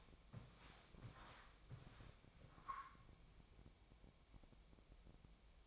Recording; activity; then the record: daily activity, microphone in the room; walk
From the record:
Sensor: 1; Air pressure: 1000.5 hPa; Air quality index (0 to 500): 170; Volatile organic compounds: 4 ppm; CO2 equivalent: 1570 ppm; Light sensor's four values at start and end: 14/35/14/17 and 14/35/15/17